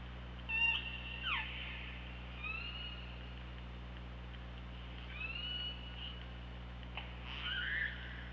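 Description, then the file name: Killer whale calls, several faint sweeping and bending tones scattered throughout, with short downward slides, under a steady low underwater hum. OrcaLab hydrophone, 24 August 2017, 15:21. "Orca Lab 20170824 152105"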